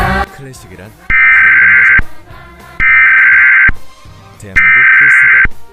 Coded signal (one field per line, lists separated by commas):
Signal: Emergency Alert System (SAME) tones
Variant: header bursts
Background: speech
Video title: EAS Scenario: The War Machine